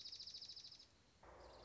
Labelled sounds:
Dark-eyed Junco (Junco hyemalis)
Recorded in Sonoma County, California

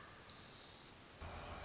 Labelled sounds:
Common Raven (Corvus corax)
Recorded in Sonoma County, California

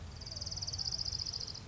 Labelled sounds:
Orange-crowned Warbler (Leiothlypis celata)
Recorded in Sonoma County, California

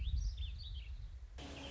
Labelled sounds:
Warbling Vireo (Vireo gilvus)
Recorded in Sonoma County, California

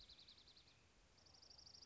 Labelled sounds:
Dark-eyed Junco (Junco hyemalis)
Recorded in Sonoma County, California

